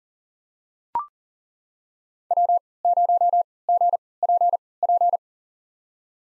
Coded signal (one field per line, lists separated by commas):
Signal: Morse code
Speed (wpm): 40 wpm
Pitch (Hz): 700 Hz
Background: none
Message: W0GPP